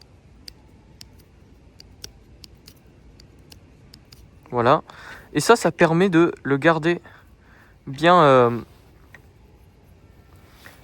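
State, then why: Seated. The wooden bolt handle of a handmade wooden Mosin-Nagant replica is worked repeatedly into its detent notch on the wooden receiver. A small glued wood offcut acts as the detent, so the bolt snaps into position instead of spinning freely, giving short clicks at 0.5, 1.0, 1.8, 2.0, 2.4 and 3.5 seconds. Someone then talks briefly from about 4.5 to 8.6 seconds.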